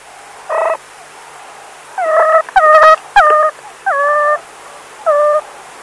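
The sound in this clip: Meerkat calls: several short harmonic, slightly bending calls, spaced unevenly.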